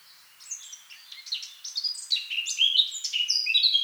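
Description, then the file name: Eurasian blackcap song, beginning as a quiet twittering warble and swelling into loud, clear fluted whistles near the end. "Sylvia atricapilla"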